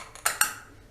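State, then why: Seated. A laptop RAM module is pressed down into its memory slot until the side retaining clips snap over it. Two sharp clicks ring out at 0.3 s and 0.4 s, with a faint tick just before, and the module is locked in place.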